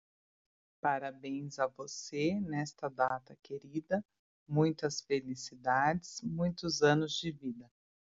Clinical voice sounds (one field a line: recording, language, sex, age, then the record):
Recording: short text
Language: Brazilian Portuguese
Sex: female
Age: 30 to 39 years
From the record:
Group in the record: control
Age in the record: 38 years